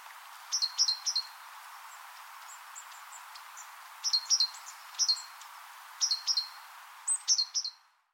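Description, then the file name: Great tit giving high, thin chirping calls in quick clusters of two to four notes, separated by short pauses, over a soft steady hiss. "Parus major"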